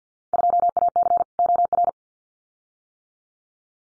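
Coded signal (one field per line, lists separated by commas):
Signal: Morse code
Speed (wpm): 50 wpm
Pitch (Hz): 700 Hz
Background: none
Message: 2AC OR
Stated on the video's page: Morse practice of Field Day exchanges at 50 wpm, each exchange sent twice.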